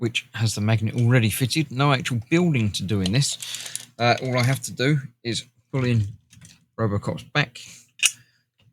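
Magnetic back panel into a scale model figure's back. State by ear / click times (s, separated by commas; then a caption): seated / 8.1 s. Someone talks while pushing a pre-assembled back panel, with its magnet already fitted, into the back of a large-scale Fanhome Robocop model figure (Issue 94). A single sharp snap is heard at 8.1 s after the talking stops. The panel is seated in place.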